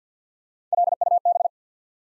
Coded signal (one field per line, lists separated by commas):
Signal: Morse code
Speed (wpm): 50 wpm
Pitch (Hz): 700 Hz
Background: none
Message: LUB